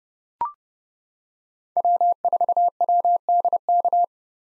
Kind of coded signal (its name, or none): Morse code